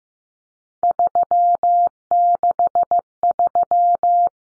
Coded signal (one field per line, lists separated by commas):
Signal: Morse code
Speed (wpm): 15 wpm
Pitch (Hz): 700 Hz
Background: none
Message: 363